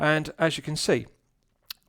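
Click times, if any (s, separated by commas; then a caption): 1.7 s. Someone talks, then the metal crown of an Addiesdive AD2065 GMT quartz wristwatch is pulled out of its run position in the watch case and movement stem. It releases with a sharp detent click at 1.7 s into the first click position, used for setting the date.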